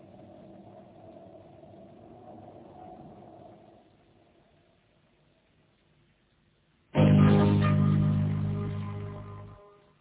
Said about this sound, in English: What did you see? A scout car from the ship. And it's coming this way. A scout car from the Explorer? That's impossible.